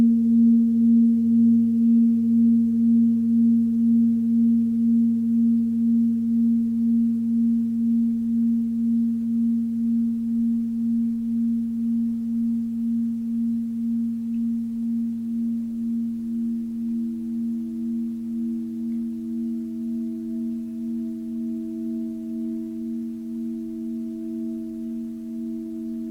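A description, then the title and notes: A Tibetan singing bowl rings with a steady, low, humming tone that pulses gently in a slow, regular wobble throughout. The sound fades gradually over the whole length, and a second, slightly higher tone emerges alongside it about halfway through. Tibetan Singiing Bowl.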